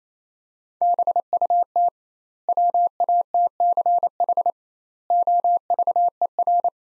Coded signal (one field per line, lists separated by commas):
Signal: Morse code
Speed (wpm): 28 wpm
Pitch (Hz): 700 Hz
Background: none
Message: BUT WATCH OVER